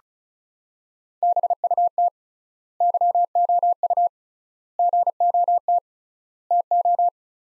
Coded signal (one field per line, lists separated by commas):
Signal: Morse code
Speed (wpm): 36 wpm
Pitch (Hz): 700 Hz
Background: none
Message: BUT YOU GOT TO